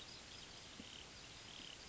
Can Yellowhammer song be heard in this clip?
no